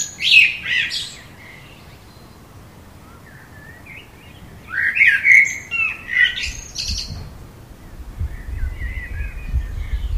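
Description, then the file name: Common blackbird song, broken fluty phrases with sharp high twittering notes spread throughout, and a low rumble toward the end. "Turdus merula"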